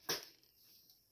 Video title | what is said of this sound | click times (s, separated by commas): How to grind coffee beans using automatic coffee grinder (Conical Burr)/ demo and Honest review | Everything clicks into place. | 0.1 s